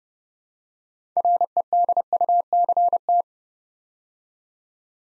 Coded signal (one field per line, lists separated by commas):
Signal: Morse code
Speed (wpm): 30 wpm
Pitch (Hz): 700 Hz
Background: none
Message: REDUCT